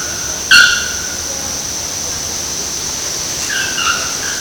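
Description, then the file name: Bare-throated bellbird with one loud, explosive, clanging note, then a pause and a few fainter ringing notes near the end, over a constant high-pitched insect drone. Recorded in Cantareira, São Paulo state, Brazil. "Procnias-nudicollis-PECantareira SP-BR. ASilveira"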